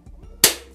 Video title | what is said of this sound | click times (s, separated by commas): Desview / Bestview T2 Teleprompter, BISA DIPAKE DI LENSA WIDE! - UNBOXING by Aa Gogon | sampai klik-klik | 0.4 s